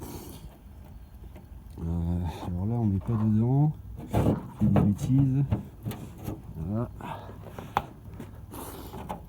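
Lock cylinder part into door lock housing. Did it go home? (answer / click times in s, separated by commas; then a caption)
yes / 7.8 s. Someone talks while refitting a utility vehicle's door lock cylinder, lining up the flats and slotting a small metal piece into the U-shaped lock housing. A sharp metallic snap at 7.8 s marks the part seating in place.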